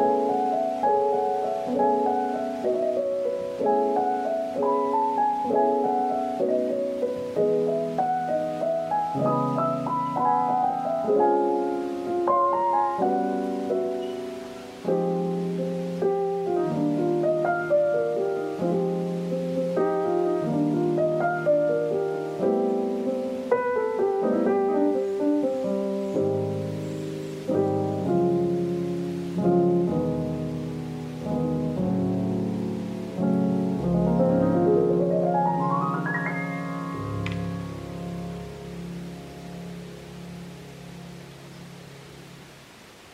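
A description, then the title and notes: Slow piano chords move steadily in the low and middle register, a new chord arriving roughly every second or two with soft ringing decay. Near the 34-second mark a rising swoosh sweeps upward, and the playing gradually fades toward the end. Calming sounds of piano, rustling leaves, and fall wind.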